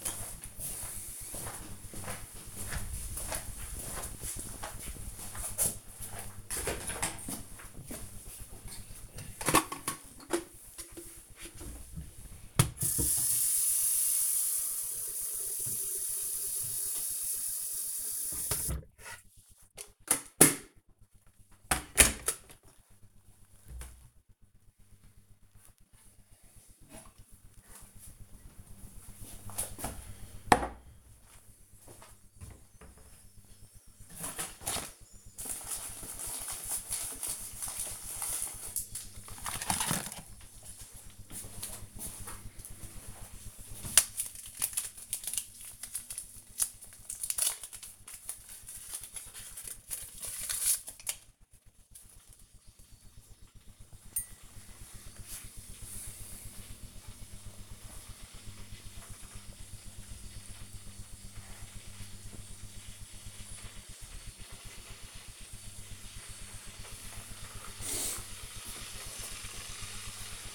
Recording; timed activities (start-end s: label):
household activities, microphone on the right wrist
8.15-70.55 s: making tea